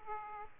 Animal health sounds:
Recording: mosquito wingbeat signal from an infrared sensor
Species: Aedes aegypti

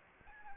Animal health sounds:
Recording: mosquito wingbeat signal from an infrared sensor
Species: Anopheles arabiensis

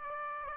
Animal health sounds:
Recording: mosquito wingbeat signal from an infrared sensor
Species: Aedes aegypti

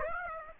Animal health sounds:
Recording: mosquito wingbeat signal from an infrared sensor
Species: Aedes aegypti

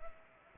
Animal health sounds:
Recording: mosquito wingbeat signal from an infrared sensor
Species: Culex pipiens

